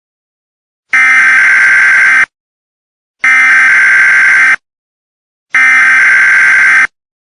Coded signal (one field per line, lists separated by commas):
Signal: Emergency Alert System (SAME) tones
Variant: header bursts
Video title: The Hottest Day Ever Recorded in History, an EAS Scenario